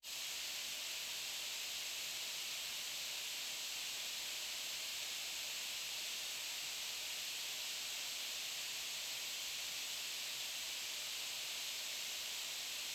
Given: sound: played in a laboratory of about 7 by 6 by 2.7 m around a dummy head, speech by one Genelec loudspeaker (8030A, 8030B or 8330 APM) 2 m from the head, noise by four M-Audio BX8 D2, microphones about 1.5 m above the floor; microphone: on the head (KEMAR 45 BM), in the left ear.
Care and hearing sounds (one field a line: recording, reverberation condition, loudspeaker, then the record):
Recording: white noise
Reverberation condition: high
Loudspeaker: four, about 170 cm from the corners of the room and facing them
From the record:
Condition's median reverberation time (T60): about 1300 ms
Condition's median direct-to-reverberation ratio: about -4.0 dB